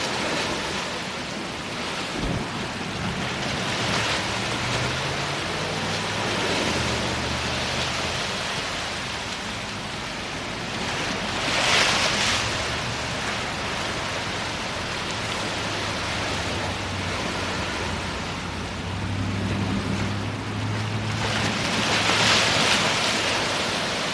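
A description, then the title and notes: Ocean surf churns against a concrete seawall in a dense, steady hiss of water. Brighter splashes surge at around 12 seconds and again near 22 seconds. Underneath runs a low rumble with a faint engine-like drone, possibly traffic. The Atlantic Ocean Meets the Seawall in Lynn, Massachusetts. A field recording made on location at Red Rock Park in Lynn, Massachusetts, with the turbulent Atlantic Ocean crashing against the big concrete seawall.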